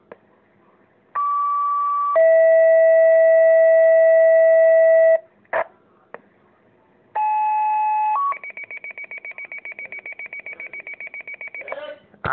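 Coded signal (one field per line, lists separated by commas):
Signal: two-tone page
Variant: Motorola Minitor II pager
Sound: one-second high tone, three-second lower tone, pause, another tone, then fast repeating alert beeps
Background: small room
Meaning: The fire station is being dispatched (toned out)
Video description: My station getting toned out at 52 seconds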